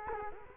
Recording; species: mosquito wingbeat signal from an infrared sensor; Culex quinquefasciatus